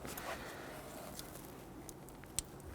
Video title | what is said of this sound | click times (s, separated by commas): How to Replace Variable Valve Timing Solenoid 2008-2013 INFINITI G37 (3.7L V6) | You're going to feel it in, hear it snap into place. | 2.4 s